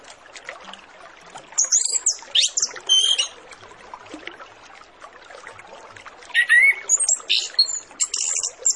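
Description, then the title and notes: Orange-headed Thrush song: two clusters of high squeaky notes and short whistles, the second with a rising slurred whistle, against continuous hiss. Master lure recording of Orange-headed Thrush full song packed with fill phrases, meant to prompt birds to sing quickly and openly. "Masteran Anis Kembang Full Isian Untuk Suara Pancingan Anis Kembang Agar Cepat Ngeplong. Suara Burung Anis Kembang"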